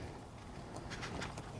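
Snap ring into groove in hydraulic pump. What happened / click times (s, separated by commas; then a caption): The snap ring snapped into its groove / 1.4 s. A steel snap ring is pressed into its groove on a shaft in the hydraulic pump housing of an IMT 539 tractor, after the part was driven past the groove. Against a low, steady background, a few faint broadband scrapes come around 0.9–1.2 s, followed by a short, sharp snap at 1.4 s. The snap ring seats completely in the groove.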